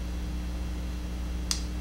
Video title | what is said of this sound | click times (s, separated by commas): Emerson Combat Karambit | did you hear that there there's a there is a detent there so so so as the blade goes in it | 1.5 s